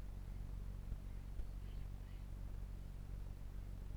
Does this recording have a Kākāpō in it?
no